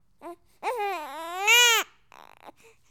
Crying baby sound effects the hollywood edge sound effects library.